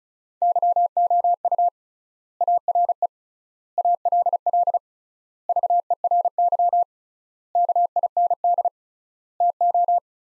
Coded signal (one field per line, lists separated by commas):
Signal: Morse code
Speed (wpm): 36 wpm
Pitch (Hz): 700 Hz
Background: none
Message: YOU ARE ALL VERY KIND TO